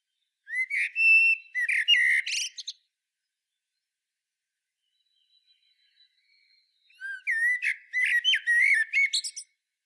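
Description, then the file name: Common blackbird song: a phrase of fluting whistles with thin high squeaks, a quiet pause of four seconds, then another varied whistled phrase ending in twitters. "Turdus merula"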